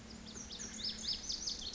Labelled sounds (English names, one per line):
Lazuli Bunting